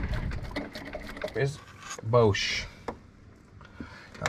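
A plastic trim clip is pried free from a car panel while someone talks, with small scraping and clicking sounds as the clip works loose. A sharp pop at 4.3 s marks the clip releasing and coming out.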